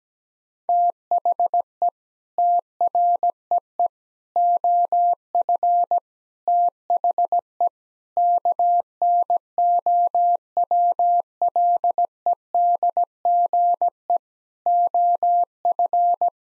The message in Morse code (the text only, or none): THE TREE OF THE KNOWLEDGE OF